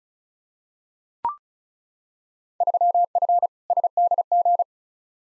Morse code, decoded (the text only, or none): 3F SDG